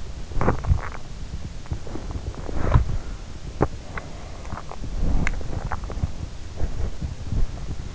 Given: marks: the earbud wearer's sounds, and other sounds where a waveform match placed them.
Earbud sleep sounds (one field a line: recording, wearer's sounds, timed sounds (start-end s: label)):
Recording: sounds in sleep by an in-ear microphone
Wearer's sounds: body movement, teeth grinding, swallowing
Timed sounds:
0.19-1.17 s: body movement
2.23-3.35 s: body movement
3.89-5.43 s: teeth grinding
4.96-7.29 s: body movement
5.63-6.28 s: swallowing